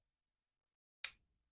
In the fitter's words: I love that click.